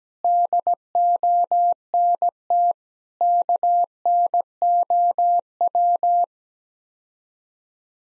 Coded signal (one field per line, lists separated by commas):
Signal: Morse code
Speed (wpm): 17 wpm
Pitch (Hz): 700 Hz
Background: none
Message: DONT KNOW